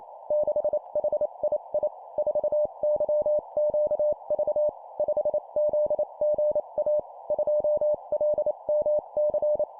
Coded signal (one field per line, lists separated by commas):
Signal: Morse code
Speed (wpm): 28 wpm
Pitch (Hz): 600 Hz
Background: none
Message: 6HII 4YQV 5ZGA 2LMC